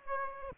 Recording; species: mosquito wingbeat signal from an infrared sensor; Aedes aegypti